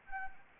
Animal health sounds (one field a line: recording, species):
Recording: mosquito wingbeat signal from an infrared sensor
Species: Anopheles gambiae